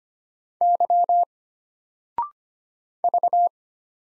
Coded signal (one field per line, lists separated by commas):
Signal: Morse code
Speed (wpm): 25 wpm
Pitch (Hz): 700 Hz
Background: none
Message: Y V